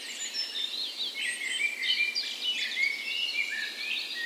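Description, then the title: Birds: short burst of dawn chorus: many birds chirping and whistling at once, with long high notes threading through the chatter. Dawn chorus in a park west in Bergen, Norway, on the morning of 17 May, Norway's National Day, in spring; Sony PCM A10 recorder, LOM micro Usi mics used as tree ears. "17th Of May Dawn Chorus"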